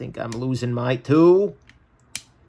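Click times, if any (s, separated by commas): 2.0 s, 2.2 s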